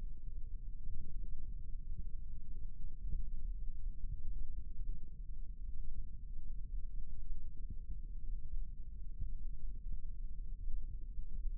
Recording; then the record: forearm muscle sounds (acoustic myography)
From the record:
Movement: rest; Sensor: system 1, eight BSWA MPA416 microphones around the upper forearm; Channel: 5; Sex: male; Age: 18 years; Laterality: right